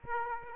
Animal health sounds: mosquito wingbeat signal from an infrared sensor; Aedes aegypti

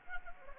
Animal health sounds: mosquito wingbeat signal from an infrared sensor; Anopheles gambiae

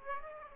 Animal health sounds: mosquito wingbeat signal from an infrared sensor; Aedes aegypti

